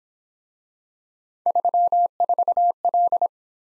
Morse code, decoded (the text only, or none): 34L